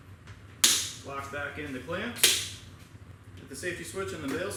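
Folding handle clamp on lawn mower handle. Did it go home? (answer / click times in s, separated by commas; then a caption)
yes / 0.6 s. The folding handle clamp on an EGO LM2102SP self-propelled electric lawn mower is snapped back closed after the handle is pulled out, giving one sharp click at 0.6 s. Someone talks throughout, and the clamp locks closed.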